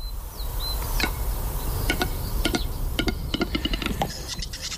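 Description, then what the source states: Western capercaillie display clicks: sharp, dry knocking pops repeated irregularly, several per second toward the end, over low rumbling background and a faint high whistle. At night in the hour before dawn at the lek in deep High Pyrenees forests, Val d'Inclés, Andorra; strange popping 'taponazos', 'cloc, cloc'; species said to be disappearing.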